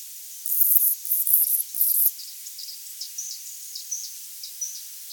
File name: Calypte anna - Anna's Hummingbird